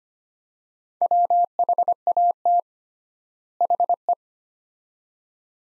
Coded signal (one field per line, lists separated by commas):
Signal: Morse code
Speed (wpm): 25 wpm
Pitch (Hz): 700 Hz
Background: none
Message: WHAT HE